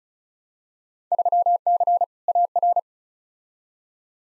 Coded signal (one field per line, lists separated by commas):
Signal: Morse code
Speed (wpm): 36 wpm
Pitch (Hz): 700 Hz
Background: none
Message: 3C AR